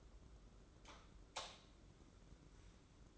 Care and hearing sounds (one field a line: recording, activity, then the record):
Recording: daily activity, microphone in the room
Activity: light off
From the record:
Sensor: 3